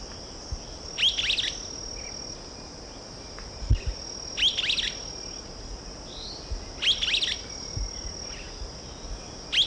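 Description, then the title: Streaked flycatcher calls: brief squeaky bursts repeated roughly every three seconds, with a constant shrill insect drone running throughout. Subspecies assumed from location as Myiodynastes maculatus solitarius. "LuckyPassaro Completos2Sama. Streaked Flycatcher (Myiodynastes maculatus solitarius (ssp assumed from location))"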